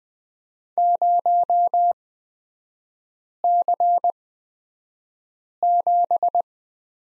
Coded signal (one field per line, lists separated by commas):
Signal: Morse code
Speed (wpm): 20 wpm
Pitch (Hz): 700 Hz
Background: none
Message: 0C7